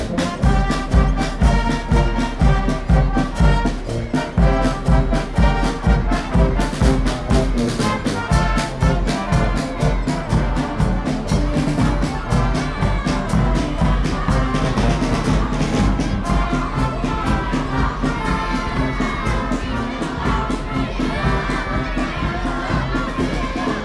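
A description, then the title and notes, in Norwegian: A children's parade with a marching band plays on steadily, brass lines layered over a firm, regular drumbeat that never lets up. Crowd noise and cheering voices mix into the dense music throughout, and the loudness stays even across the whole stretch. Lyden av jublende barnetog og korps på 17.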